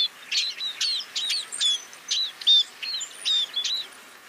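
Scaly-breasted munia call notes: a quick series of high, thin chirps, some with a brief whistled tail.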